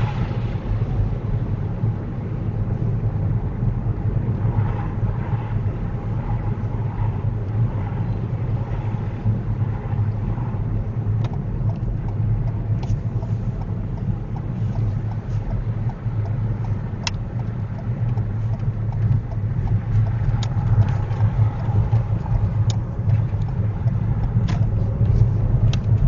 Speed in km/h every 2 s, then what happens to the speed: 27, 27, 26, 26, 26, 23, 23, 21, 16, 16, 15, 13, 24.
0-8 steady at about 26. 8-19 slows to 15. 22-26 speeds up to 24.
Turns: 19-22.